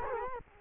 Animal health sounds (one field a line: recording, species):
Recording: mosquito wingbeat signal from an infrared sensor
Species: Culex quinquefasciatus